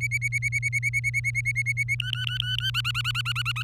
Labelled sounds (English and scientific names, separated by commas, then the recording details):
Domestic Canary (Serinus canaria) song
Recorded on 23 April 2018 at 18:16
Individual llb3